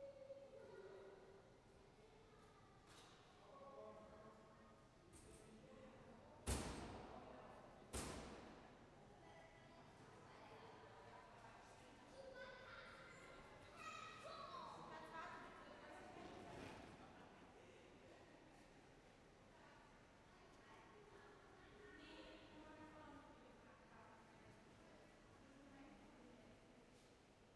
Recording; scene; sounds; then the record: everyday scene through a hearing-aid microphone; reverberant space; background noise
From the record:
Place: railway station hall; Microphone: behind the ear, left, rear